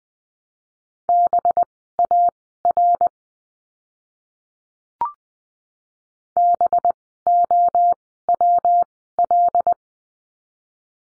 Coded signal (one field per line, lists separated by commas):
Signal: Morse code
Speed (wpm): 20 wpm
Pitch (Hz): 700 Hz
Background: none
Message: BAR BOWL